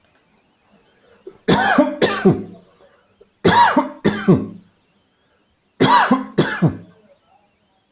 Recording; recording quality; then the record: heavy voluntary cough; excellent, no background noise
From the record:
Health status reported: recovered from COVID-19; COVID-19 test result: negative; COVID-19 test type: RT-PCR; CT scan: taken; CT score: 5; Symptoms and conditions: none ticked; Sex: male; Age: 49 years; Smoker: no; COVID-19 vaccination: both doses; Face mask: not worn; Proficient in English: yes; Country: India